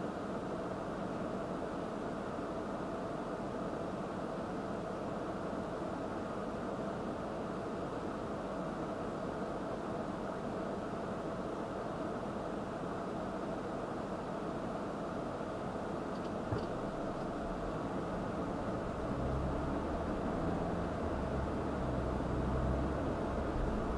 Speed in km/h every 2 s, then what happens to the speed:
0, 0, 0, 0, 0, 0, 0, 0, 0, 13, 27, 37.
0-17 standing. 17-24 pulls away to 37.